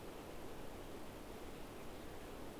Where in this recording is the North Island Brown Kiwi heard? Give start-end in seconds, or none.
none